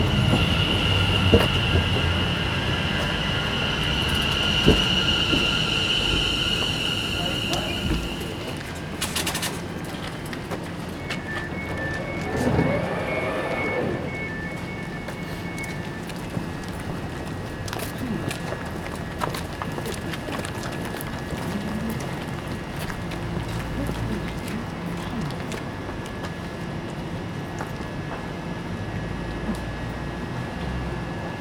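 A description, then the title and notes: On a cold station platform, a train's high whine and rumble fade after a sharp clank, leaving a steady low hum and voices. Captured early in the morning on a cold station platform. The temperature is -3c and the people waiting for the train are wearing winter clothing.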